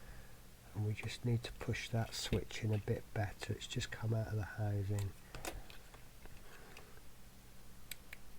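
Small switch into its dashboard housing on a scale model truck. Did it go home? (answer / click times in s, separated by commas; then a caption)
yes / 7.9 s, 8.1 s. Someone talks while pushing a small switch, which had come out of its plastic housing in the dashboard of a scale model truck, back into that housing. Two sharp clicks at 7.9 s and 8.1 s mark the switch seating back into place.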